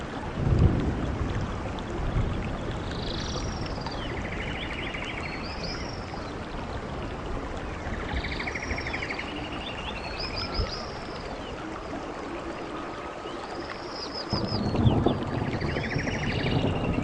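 Steady, dense rain hiss fills the forest from start to finish, with heavier low rumbling gusts near the beginning and again around fifteen seconds. Birds call repeatedly above it, short bright arching whistles and quick trills recurring every few seconds at moderate distance.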